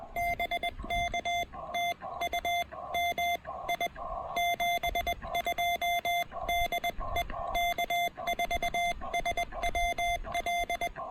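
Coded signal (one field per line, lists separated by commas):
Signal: Morse code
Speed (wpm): 20 wpm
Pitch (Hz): 2100 Hz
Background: music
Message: BK TU MI 72 DE K4SWL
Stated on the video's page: CW park activation on 20 meters using a TEN-TEC R4020 QRP transceiver and a PackTenna 20M end-fed half-wave antenna.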